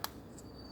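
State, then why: Seated. A metal retaining clip on a diesel injector line fitting of a 4JJ1 engine is squeezed by finger and popped down onto the injector fitting, giving a sharp click at 0.0 s as it seats. Someone talks over the sound, followed by a fainter brief high-pitched sound around 0.4 s and a steady quiet background.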